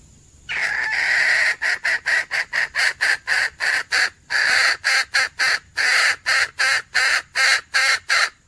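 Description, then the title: Junglefowl giving a long, rhythmic series of harsh, clipped clucks, opening with a drawn-out rasping note. Female junglefowl; call used as a lure. "Suara Ayam Hutan Betina. suara pikat ayam hutan betina"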